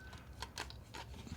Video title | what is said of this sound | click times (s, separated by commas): GameSir Cyclone 2 Game Controller Review | so you put the controller right on there it snaps right into place nice and magnetic | 0.6 s